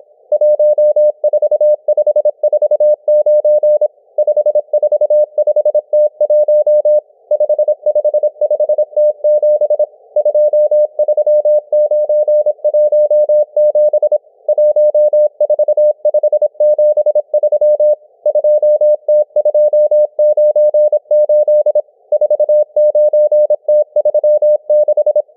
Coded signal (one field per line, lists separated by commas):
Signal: Morse code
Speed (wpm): 26 wpm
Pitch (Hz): 600 Hz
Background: none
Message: 14549 545T1 555T7 23917 14573 2T298 49T36